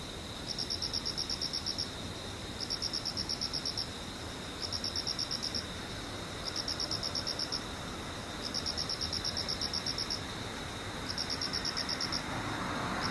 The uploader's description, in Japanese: ムシ